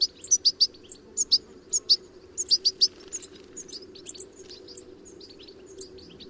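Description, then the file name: European goldfinch twittering calls: rapid, high tinkling chirps in lively bursts that fade into softer, scattered notes, with a faint low hum beneath. "Carduelis carduelis"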